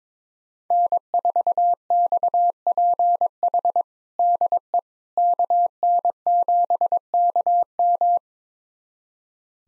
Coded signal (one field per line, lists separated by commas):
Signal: Morse code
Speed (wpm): 21 wpm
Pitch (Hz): 700 Hz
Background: none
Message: N4XPH DE KN7KM